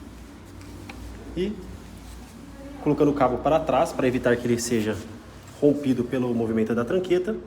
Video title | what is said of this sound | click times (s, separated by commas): Instalação completa da Fechadura de Sobrepor Yamamotto YA 50W | até ouvir o clique | 0.9 s